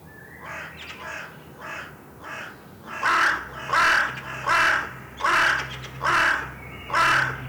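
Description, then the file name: Carrion crow cawing: a few softer caws at first, then six loud, rasping caws evenly spaced under a second apart, over a faint low hum. "Corvus corone"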